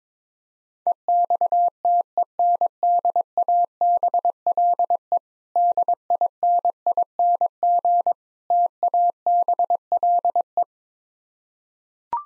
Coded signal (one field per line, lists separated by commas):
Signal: Morse code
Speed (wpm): 22 wpm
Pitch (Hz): 700 Hz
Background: none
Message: EXTENDABLE DINING TABLE